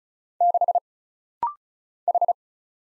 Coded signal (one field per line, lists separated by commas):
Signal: Morse code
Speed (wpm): 34 wpm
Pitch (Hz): 700 Hz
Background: none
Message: 6 H